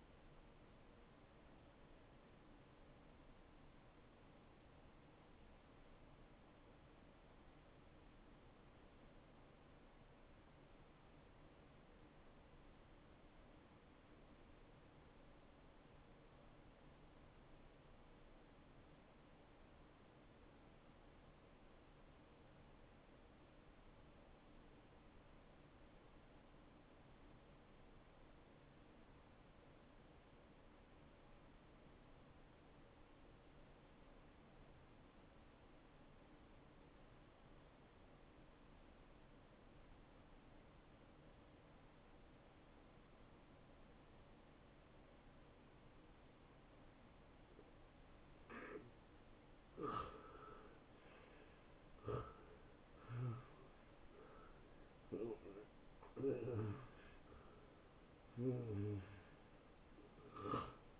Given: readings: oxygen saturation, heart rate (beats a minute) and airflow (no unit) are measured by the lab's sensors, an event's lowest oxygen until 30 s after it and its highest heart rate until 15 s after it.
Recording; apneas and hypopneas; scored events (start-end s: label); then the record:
breathing in sleep by a voice recorder at the bedside; 1
3.00-61.00 s: new sleep stage, N2 (light sleep)
6.00-49.80 s: hypopnea (N2, oxygen 94% highest, then 83% lowest)
From the record:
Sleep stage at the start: N1 (lightest sleep); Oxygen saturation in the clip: 83 to 94%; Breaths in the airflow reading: 5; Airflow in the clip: -15.3 to 11.5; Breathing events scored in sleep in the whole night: 263 in 5.5 hours asleep